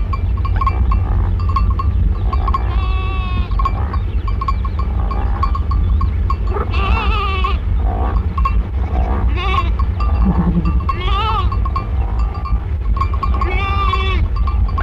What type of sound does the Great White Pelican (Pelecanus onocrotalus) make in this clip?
call